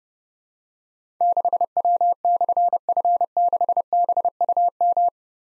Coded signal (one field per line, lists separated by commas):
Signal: Morse code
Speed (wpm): 30 wpm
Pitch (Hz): 700 Hz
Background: none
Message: 6W/F6BUM